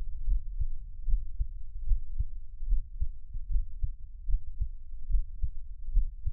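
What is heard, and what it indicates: A heartbeat heard close up: repeated low thumps with no talking.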